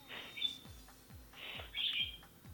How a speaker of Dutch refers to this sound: Heb jij vogels thuis? Ik heb hier een vogeltje, ja. Wat voor een vogeltje is er dan? Dat is een... Een parkiet? Nee, bijna. Een... hoe heet zo'n beest? Een goudvink. Een kuifke. Een agapornis.